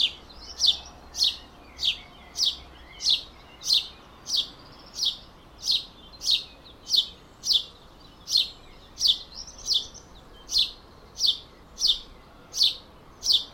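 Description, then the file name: House sparrow uttering a long, persistent series of chirps, about one every two-thirds of a second. "Passer domesticus"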